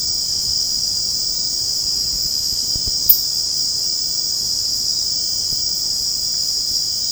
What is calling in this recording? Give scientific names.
none